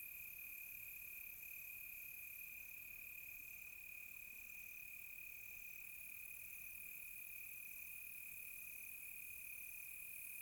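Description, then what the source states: Crickets give an even, ringing trill that never pauses, over faint higher insect hiss. Close crickets on a quiet tropical night.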